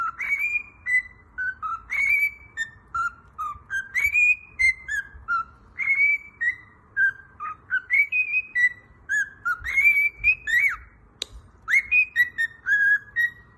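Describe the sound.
Cockatiel whistling a melodic song of clear notes that rise and fall, grouped in short phrases with brief gaps, one sharp click near the end.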